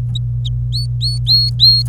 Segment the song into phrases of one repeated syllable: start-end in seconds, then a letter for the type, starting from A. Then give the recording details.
0.15-0.18 A, 0.45-0.48 A, 0.72-1.83 B. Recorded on 26 April 2018 at 09:28. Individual llb3